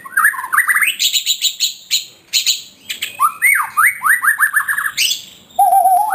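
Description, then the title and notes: White-rumped shama song: rapid series of rising whistled notes, rich and liquid, broken by clicks and sharp chips, ending in a steady low whistle. Recording used as a tutor song for training caged birds. "Suara Kicau Burung Murai Batu. burung murai buat masteran"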